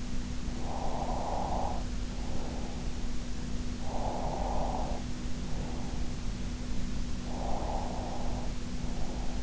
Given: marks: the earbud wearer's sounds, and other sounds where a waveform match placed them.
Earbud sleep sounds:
sounds in sleep by an in-ear microphone; breath
0.64-2.84 s: breath
3.78-6.20 s: breath
7.33-9.43 s: breath

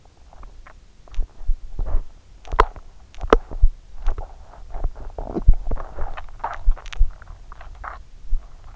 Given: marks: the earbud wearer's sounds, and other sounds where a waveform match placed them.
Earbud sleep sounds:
sounds in sleep by an in-ear microphone; swallowing, teeth grinding
0.40-1.11 s: swallowing
1.76-6.80 s: teeth grinding
7.21-7.71 s: swallowing

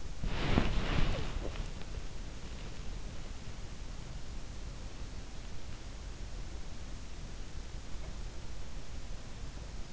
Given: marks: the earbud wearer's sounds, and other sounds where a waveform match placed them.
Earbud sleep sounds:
sounds in sleep by an in-ear microphone; body movement, swallowing
0.00-2.09 s: body movement
1.11-1.69 s: swallowing

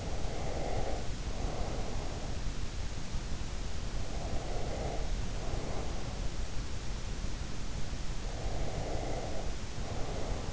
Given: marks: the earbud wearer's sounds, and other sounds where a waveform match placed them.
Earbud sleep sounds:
sounds in sleep by an in-ear microphone; breath
0.00-2.32 s: breath
4.00-6.20 s: breath
8.27-10.53 s: breath

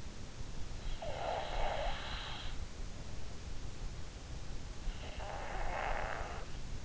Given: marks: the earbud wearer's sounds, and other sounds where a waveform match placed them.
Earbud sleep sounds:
sounds in sleep by an in-ear microphone; breath
0.63-2.57 s: breath
4.51-6.85 s: breath

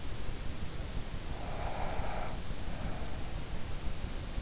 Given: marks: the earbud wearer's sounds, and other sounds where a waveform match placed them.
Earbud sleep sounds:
sounds in sleep by an in-ear microphone; breath
1.45-3.88 s: breath

